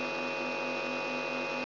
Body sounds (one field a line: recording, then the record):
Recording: brain microelectrode recording played as sound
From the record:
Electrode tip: outside the subthalamic nucleus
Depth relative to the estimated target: -5 mm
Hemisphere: right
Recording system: AlphaMap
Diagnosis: Parkinson's disease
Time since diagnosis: 12 years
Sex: female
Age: 65 years